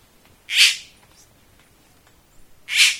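Bird making two short, harsh rasping calls about two seconds apart against quiet background hiss.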